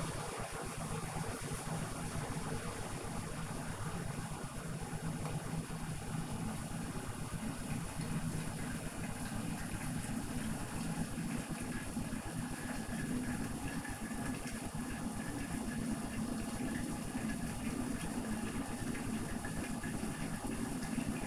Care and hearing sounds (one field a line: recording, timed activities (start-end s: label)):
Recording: household activities, microphone on the right wrist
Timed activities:
0.00-21.27 s: making tea